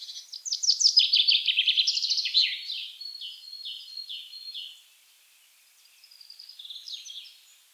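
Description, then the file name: Common chaffinch song: a fast trill of chipping notes tumbling downward for about two seconds, softer phrases following, then another trill near the end. "Fringilla coelebs"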